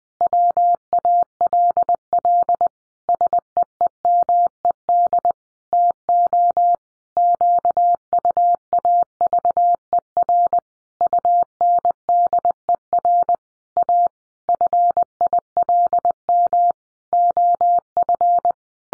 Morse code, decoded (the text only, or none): WALL SEEMED TO QUAVER UNDER A FILM OF